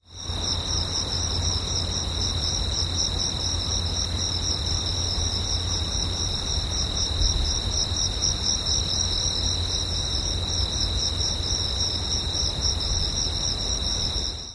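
Crickets chirping, a steady high pulsing trill without pause, over a constant low rumble of background noise.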